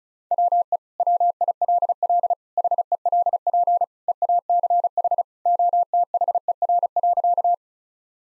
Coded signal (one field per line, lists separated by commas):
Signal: Morse code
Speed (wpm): 36 wpm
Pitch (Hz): 700 Hz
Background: none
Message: WE WILL HELP EACH OTHER.